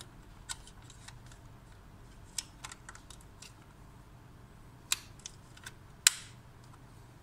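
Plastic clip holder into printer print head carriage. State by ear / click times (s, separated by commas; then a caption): seated / 6.1 s. A plastic clip holder is put back onto the print head assembly of an Epson L1800 DTF printer and pressed until it latches. Light plastic ticks and taps come first, then a sharp, loud snap at 6.1 s as it seats home.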